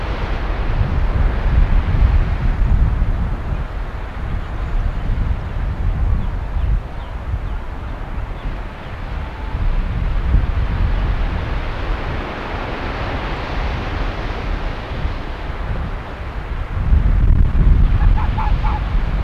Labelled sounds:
Arctic Fox (Vulpes lagopus)

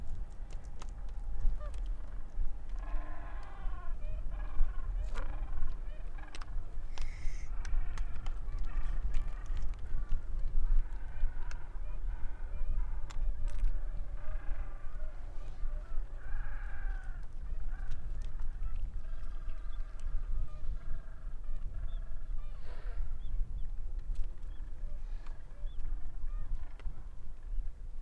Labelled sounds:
Gentoo Penguin (Pygoscelis papua) call

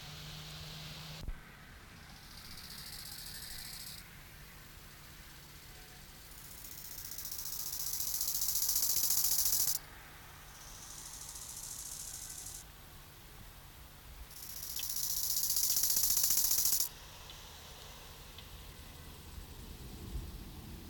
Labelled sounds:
Bow-winged Grasshopper (Chorthippus biguttulus) stridulation

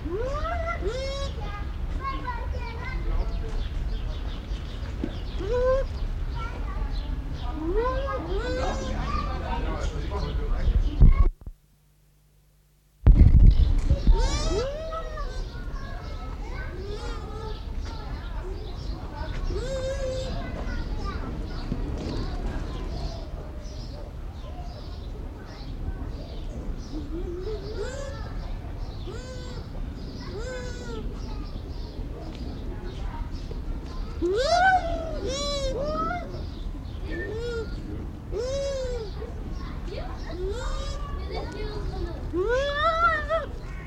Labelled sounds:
Bush Dog (Speothos venaticus)

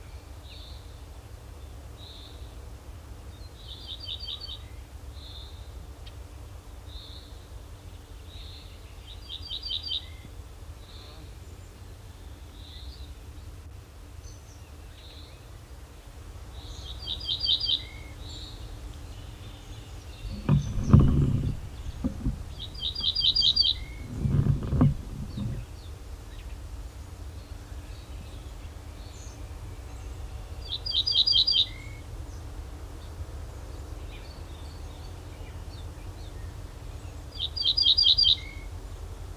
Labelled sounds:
Ortolan Bunting (Emberiza hortulana) song

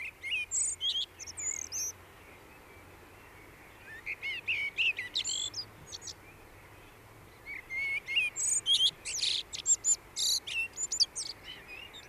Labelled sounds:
Common Blackbird (Turdus merula) song

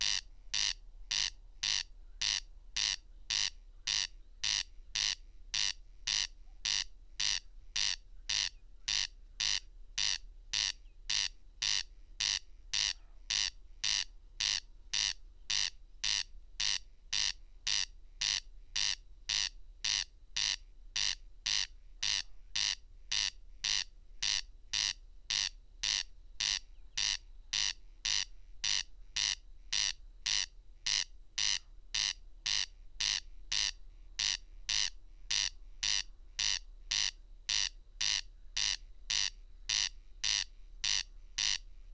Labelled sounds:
Corn Crake (Crex crex) song

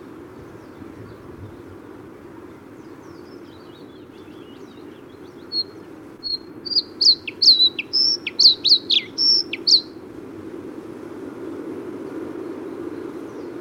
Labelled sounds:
Bluethroat (Luscinia svecica) song

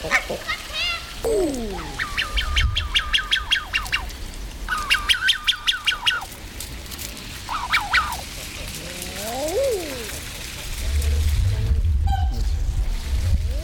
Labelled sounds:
Common Eider (Somateria mollissima) courtship call

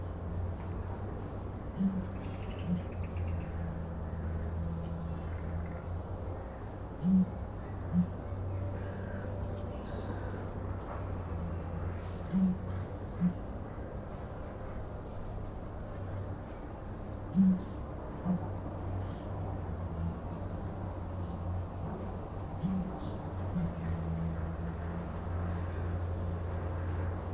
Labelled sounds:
Southern Ground Hornbill (Bucorvus leadbeateri) call

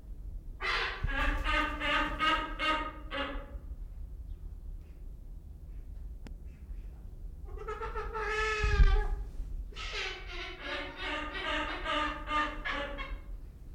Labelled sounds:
Silvery-cheeked Hornbill (Bycanistes brevis) call

